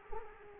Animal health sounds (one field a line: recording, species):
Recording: mosquito wingbeat signal from an infrared sensor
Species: Culex quinquefasciatus